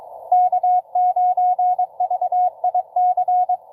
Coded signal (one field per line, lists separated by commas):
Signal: Morse code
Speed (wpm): 24 wpm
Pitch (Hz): 720 Hz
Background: none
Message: K9VIC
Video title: N2AKJ is live! Doing parks on the air at nessequogue river state park us-2114 #pota #cw